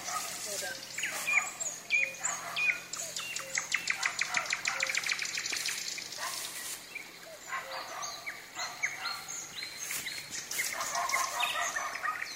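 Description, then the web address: Common nightingale song, varied phrases of rapid repeated notes, sharp rattles and short whistles, continuous and richly layered throughout. Singing in the evening, with thunder. "sounds of nature eveningthunderousnightingale singing"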